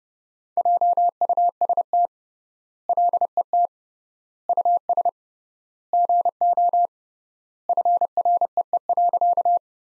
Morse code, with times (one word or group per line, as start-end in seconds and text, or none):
0.6-2.1 JUST
2.9-3.7 LET
4.5-5.1 US
5.9-6.9 GO
7.7-9.6 FREE.